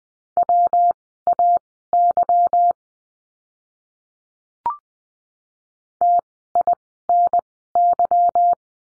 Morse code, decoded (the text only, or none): WAY TINY